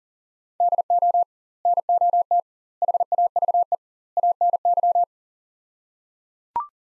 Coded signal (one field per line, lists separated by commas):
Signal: Morse code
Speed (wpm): 37 wpm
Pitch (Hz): 700 Hz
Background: none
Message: DO NOT HAVE ANY